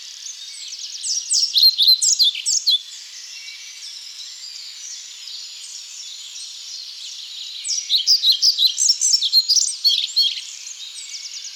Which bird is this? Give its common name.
European Pied Flycatcher